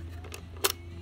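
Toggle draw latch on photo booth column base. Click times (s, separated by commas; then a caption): 0.6 s. A toggle draw latch on the base of a photo booth column is hooked under the lip and levered closed, with a few faint ticks before it snaps into place at 0.6 seconds. A quieter second tick follows right after, over a steady low hum, and the latch is seated.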